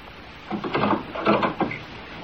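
A door is unlocked and opened: a short run of rattling metallic clicks and wooden knocks, two clustered bursts of handling noise at moderate loudness, with no voices.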